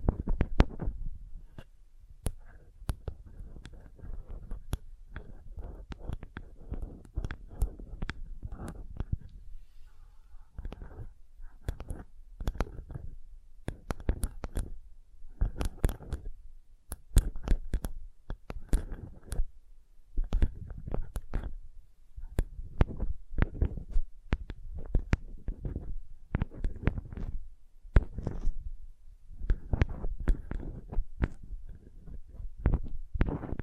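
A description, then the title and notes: Soft tapping continues through the whole recording in uneven clusters, each tap a dull low thump topped with a crisp click. The pace shifts between quick flurries and brief pauses over a quiet, still background. ASMR Sensitive Tapping (No Talking).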